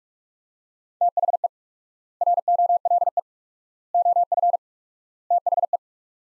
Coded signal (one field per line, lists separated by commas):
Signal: Morse code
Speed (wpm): 47 wpm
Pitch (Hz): 700 Hz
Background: none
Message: THE ROLE OF THE